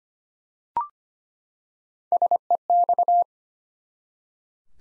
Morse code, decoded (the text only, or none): SEX